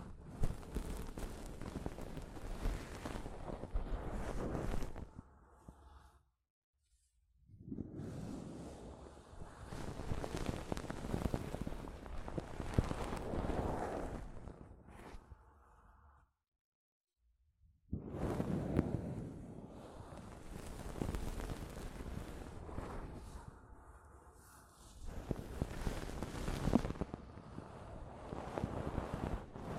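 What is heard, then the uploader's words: Soft fabric brushes against a microphone in long, dense rustling passes, swelling and scraping like rushing wind or surf. The rubbing stops dead twice, near six and sixteen seconds, leaving brief silences, then resumes with a short easing around twenty-five seconds. ASMR Mic Brushing using Soft Fabric (No Talking).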